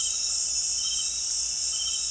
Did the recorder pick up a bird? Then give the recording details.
no. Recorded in dense forest near Puerto Asís, Putumayo, Colombia, on 19 March 2025 at 18:30. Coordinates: 0.503, -76.323. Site GP09